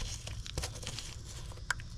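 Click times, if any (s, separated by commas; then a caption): 1.7 s. A plastic electrical connector is pushed into its socket on the 3.6L V6 Pentastar engine of a 2012 Chrysler 300 during an oil filter housing change. Soft crinkling and rustling handling noise leads up to a single sharp click at 1.7 s. The connector is confirmed seated.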